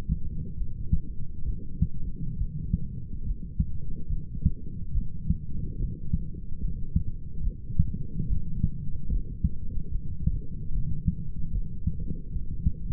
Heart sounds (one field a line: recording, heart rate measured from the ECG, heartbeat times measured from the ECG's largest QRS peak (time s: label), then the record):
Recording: heart sounds by stethoscope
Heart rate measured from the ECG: 72 bpm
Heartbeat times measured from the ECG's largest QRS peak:
0.56 s: heartbeat
1.45 s: heartbeat
2.37 s: heartbeat
3.24 s: heartbeat
4.08 s: heartbeat
4.93 s: heartbeat
5.78 s: heartbeat
6.59 s: heartbeat
7.42 s: heartbeat
8.27 s: heartbeat
9.09 s: heartbeat
9.90 s: heartbeat
10.71 s: heartbeat
11.51 s: heartbeat
12.30 s: heartbeat
From the record:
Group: healthy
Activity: light exercise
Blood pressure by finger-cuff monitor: 157/67 mmHg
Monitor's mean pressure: 90 mmHg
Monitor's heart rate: 71 bpm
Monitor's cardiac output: 7.6 L/min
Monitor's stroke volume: 107 mL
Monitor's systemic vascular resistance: 870 dyn s/cm5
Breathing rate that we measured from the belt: 20 breaths a minute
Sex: male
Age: 25 years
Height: 170 cm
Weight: 70.4 kg